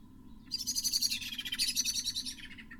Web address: SETE Turdus merula